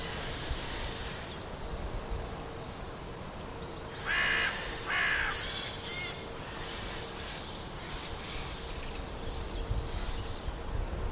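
Bird producing two coarse, grating caws in quick succession mid-way, surrounded by soft high clicks and a constant low hum.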